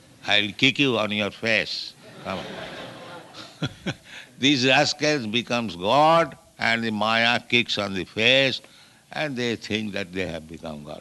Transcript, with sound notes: I will kick you on your face. Come on." [chuckles] [laughter] These rascals becomes God, and the māyā kicks on the face, and they think that they have become God.